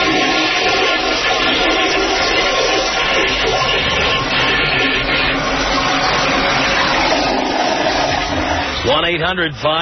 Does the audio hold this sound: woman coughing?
no